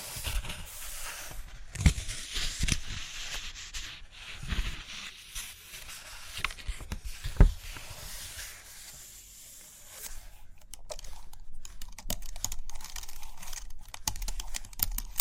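Paper rustles and pages turn through the first half, with soft hissing sweeps and a few sharp taps near two and seven seconds. After about ten seconds the sound shifts to quick, irregular tapping and scratching, like a pen or pencil working steadily on paper.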